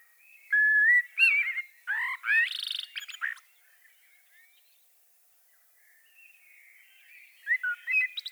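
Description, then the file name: Common blackbird song phrases: low warbled fluting notes followed by a shrill twitter, a quiet gap, then another phrase building near the end. "Turdus merula"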